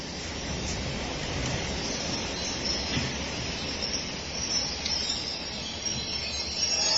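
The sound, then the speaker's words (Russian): A special train carrying sea water in tank cars rolls along the rails in a steady, dense rumble, with a clattering low roar and faint high metallic squeals scattered through it, no voices. “Экстренный поезд привез в цистернах морскую воду для саламандровых делегатов.”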